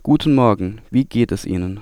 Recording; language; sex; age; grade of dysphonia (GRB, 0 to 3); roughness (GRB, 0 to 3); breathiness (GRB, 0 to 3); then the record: spoken sentence; German; male; 20 to 29 years; 0; 0; 0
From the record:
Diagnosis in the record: healthy voice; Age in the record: 24 years